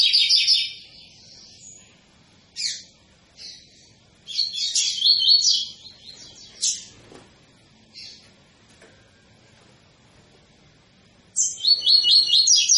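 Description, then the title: Double-collared seedeater giving broken, scattered bursts of high, sharp notes and one fuller twittering phrase, ending with a loud rapid run. Tui-tui song style from a 'fibra' coleiro; a teacher song for training young birds. "COLEIRO TUI TUI FIBRA CANTO PROFESSOR"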